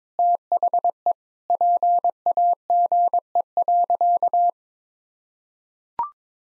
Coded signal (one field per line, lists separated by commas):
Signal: Morse code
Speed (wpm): 22 wpm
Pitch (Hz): 700 Hz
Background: none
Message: THE PAGE.